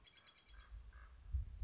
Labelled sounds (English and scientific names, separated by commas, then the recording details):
Common Raven (Corvus corax)
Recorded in Sonoma County, California